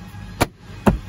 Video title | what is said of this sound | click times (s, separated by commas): HOW TO FIX THE VIBRATING SOUND - Generation 10 Civic ￼ | This clicks into place. | 0.4 s, 0.9 s